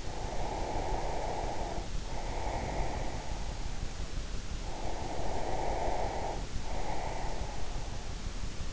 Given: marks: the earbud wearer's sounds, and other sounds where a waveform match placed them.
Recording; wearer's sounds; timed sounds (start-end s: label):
sounds in sleep by an in-ear microphone; breath
0.00-3.31 s: breath
4.65-7.75 s: breath